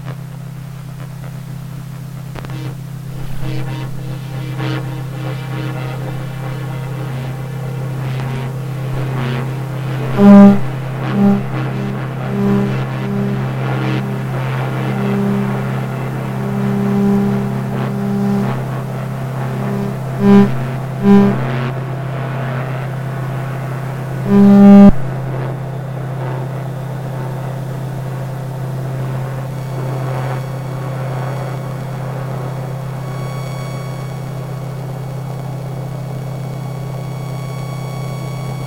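Electromagnetic fields from a modem, server, gas boiler and light fittings, heard as a constant low electrical hum with a steady buzzing tone above it. Scattered clicks and brief brighter bursts appear, clustering around 10–25 seconds, and the texture thins and shifts after about 25 seconds.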